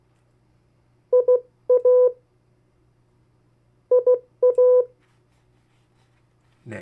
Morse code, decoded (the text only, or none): IA IA